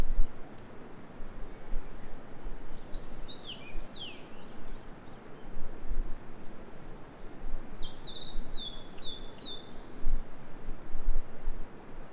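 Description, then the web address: Bird calls, two bursts of high, quick descending chirps several seconds apart, set against constant low-pitched background rumble. "yacho koe"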